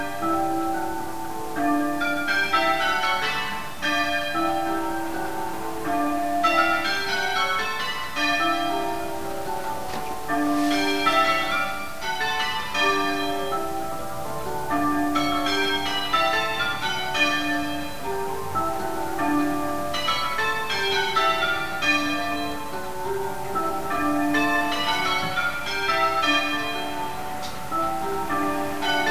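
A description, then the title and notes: A peal of church bells rings continuously, the strikes falling in quick, regular rounds that rise and fall in pitch as the sequence cycles. The bells sound bright, with a steady low hum and light background noise underneath throughout. Stoke Damerel Church in Plymouth. A very special peal of bells.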